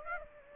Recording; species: mosquito wingbeat signal from an infrared sensor; Aedes aegypti